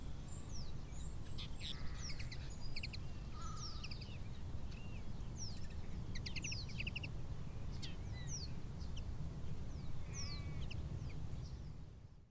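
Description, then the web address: Common linnet song: loose twittering of short, varied high chirps and brief trills scattered throughout, over a constant low rumble of wind or surf. Recorded at Silver Strand. "Silver Strand videos linnet"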